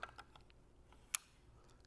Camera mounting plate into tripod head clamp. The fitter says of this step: hear that nice click again I'm going flush with it